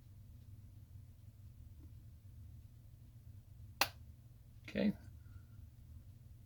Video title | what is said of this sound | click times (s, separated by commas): Timex "Monaco" T22232: Bracelet Adjustment & Bracelet Removal | And there you go. That's the click we're listening for. | 3.8 s